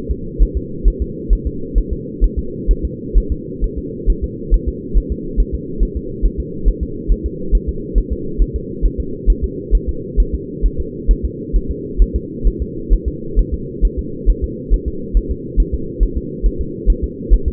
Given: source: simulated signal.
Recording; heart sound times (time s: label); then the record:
fetal heart sounds
0.11 s: S2
0.42 s: S1
0.57 s: S2
0.88 s: S1
1.02 s: S2
1.33 s: S1
1.47 s: S2
1.78 s: S1
1.93 s: S2
2.24 s: S1
2.39 s: S2
2.71 s: S1
2.85 s: S2
3.18 s: S1
3.32 s: S2
3.64 s: S1
3.78 s: S2
4.10 s: S1
4.24 s: S2
4.54 s: S1
4.69 s: S2
4.97 s: S1
5.12 s: S2
5.40 s: S1
5.55 s: S2
5.83 s: S1
5.97 s: S2
6.25 s: S1
6.40 s: S2
6.69 s: S1
6.83 s: S2
7.12 s: S1
7.26 s: S2
7.55 s: S1
7.69 s: S2
7.98 s: S1
8.12 s: S2
8.42 s: S1
8.56 s: S2
8.85 s: S1
9.00 s: S2
9.30 s: S1
9.44 s: S2
9.75 s: S1
9.89 s: S2
10.20 s: S1
10.34 s: S2
10.66 s: S1
10.80 s: S2
11.11 s: S1
11.25 s: S2
11.56 s: S1
11.71 s: S2
12.02 s: S1
12.16 s: S2
12.47 s: S1
12.62 s: S2
12.93 s: S1
13.08 s: S2
13.39 s: S1
13.54 s: S2
13.85 s: S1
13.99 s: S2
14.30 s: S1
14.44 s: S2
14.74 s: S1
14.88 s: S2
15.17 s: S1
15.31 s: S2
15.60 s: S1
15.74 s: S2
16.03 s: S1
16.17 s: S2
16.46 s: S1
16.61 s: S2
16.90 s: S1
17.04 s: S2
17.34 s: S1
17.48 s: S2
From the record:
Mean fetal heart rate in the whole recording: 135 bpm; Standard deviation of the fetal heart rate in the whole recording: 3 bpm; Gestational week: 36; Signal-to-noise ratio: -4.3 dB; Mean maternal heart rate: 72 bpm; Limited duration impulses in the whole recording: absent